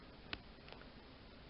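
A plastic nail extension tip, held at a 45-degree angle, is slid down a natural thumbnail until it catches on the free edge with a faint, sharp click at 0.3 s; two softer ticks follow around 0.7 and 0.8 s over a quiet background. The tip seats on the nail edge and fits sidewall to sidewall.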